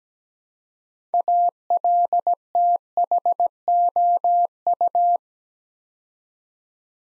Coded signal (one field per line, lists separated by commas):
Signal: Morse code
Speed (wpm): 17 wpm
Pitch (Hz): 700 Hz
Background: none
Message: ALTHOU